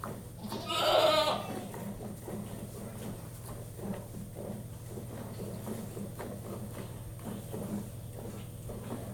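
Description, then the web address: Goat bleats once near the start, then regular, rhythmic swishing pulses continue against a steady low hum. Domestic goat during milking. "The BBC Sound Effects Library. Goat Milk"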